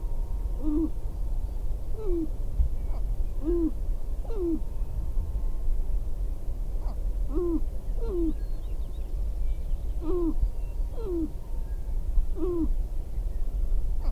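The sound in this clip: Sharp-tailed grouse calls, short hooked notes repeated roughly every one to two seconds over a low rumbling background.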